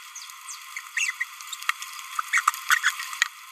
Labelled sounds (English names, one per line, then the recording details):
Green-rumped Parrotlet babbling
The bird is a male
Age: 29 days
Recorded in a nest box in Venezuela
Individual 17B31A1